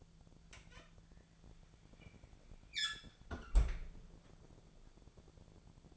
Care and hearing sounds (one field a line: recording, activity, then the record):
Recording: daily activity, microphone in the room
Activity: close fridge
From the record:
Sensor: 5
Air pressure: 1000.2 hPa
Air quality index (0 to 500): 102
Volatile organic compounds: 1 ppm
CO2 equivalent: 826 ppm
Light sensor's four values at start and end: 225/532/228/251 and 221/522/224/246